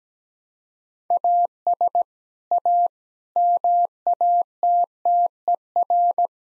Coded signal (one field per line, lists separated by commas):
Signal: Morse code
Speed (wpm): 17 wpm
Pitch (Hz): 700 Hz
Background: none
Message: AS A MATTER